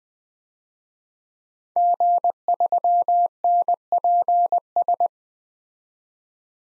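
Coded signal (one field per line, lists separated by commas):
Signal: Morse code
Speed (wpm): 21 wpm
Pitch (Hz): 700 Hz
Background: none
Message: G3NPS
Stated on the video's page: Morse practice at 20 wpm of 5-character DXCC-100 call signs, each sent, spoken, then sent again for head-copy.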